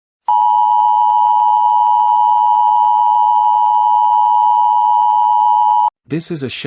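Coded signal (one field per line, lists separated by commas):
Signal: Emergency Alert System (SAME) tones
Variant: 853 and 960 Hz attention tone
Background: speech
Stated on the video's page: Fictional EAS scenario about a plague outbreak, a simulated alert.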